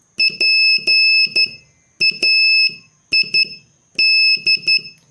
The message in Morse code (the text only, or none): PAID